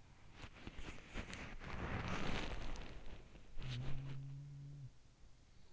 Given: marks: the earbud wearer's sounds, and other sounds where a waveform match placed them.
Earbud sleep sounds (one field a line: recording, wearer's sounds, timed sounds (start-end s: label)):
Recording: sounds in sleep by an in-ear microphone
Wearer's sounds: body movement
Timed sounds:
0.00-5.30 s: body movement
3.19-5.73 s: sound from someone else or the room